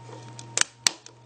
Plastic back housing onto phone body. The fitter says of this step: click into place.